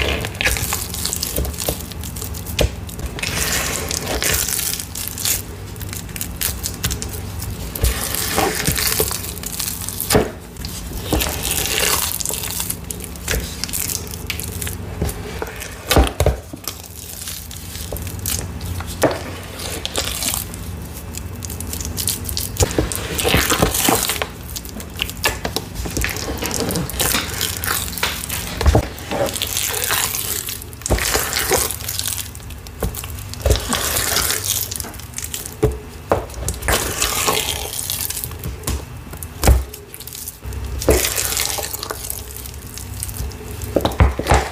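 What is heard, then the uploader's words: Purple cornstarch paste is pressed, crushed and mixed by hand, with wet squelching and crackling that come in bursts. Bright, sticky crunches rise and fade every few seconds over a low, steady background hum. Cornstarch, Rolling Pin Crushing, Mixing, Reforming Purple Paste.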